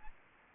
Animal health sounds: mosquito wingbeat signal from an infrared sensor; Aedes albopictus

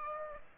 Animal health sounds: mosquito wingbeat signal from an infrared sensor; Aedes aegypti

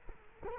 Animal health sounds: mosquito wingbeat signal from an infrared sensor; Culex quinquefasciatus

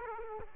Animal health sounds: mosquito wingbeat signal from an infrared sensor; Aedes aegypti

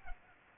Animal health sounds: mosquito wingbeat signal from an infrared sensor; Culex pipiens

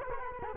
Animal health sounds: mosquito wingbeat signal from an infrared sensor; Culex quinquefasciatus

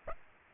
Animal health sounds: mosquito wingbeat signal from an infrared sensor; Aedes aegypti

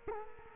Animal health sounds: mosquito wingbeat signal from an infrared sensor; Culex quinquefasciatus

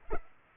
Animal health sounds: mosquito wingbeat signal from an infrared sensor; Culex pipiens

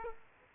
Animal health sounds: mosquito wingbeat signal from an infrared sensor; Aedes aegypti

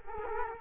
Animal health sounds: mosquito wingbeat signal from an infrared sensor; Culex quinquefasciatus

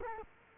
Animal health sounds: mosquito wingbeat signal from an infrared sensor; Culex quinquefasciatus

